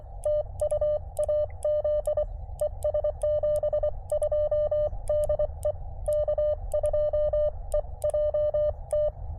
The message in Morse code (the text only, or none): TU AZ E S 72 DE K2EJT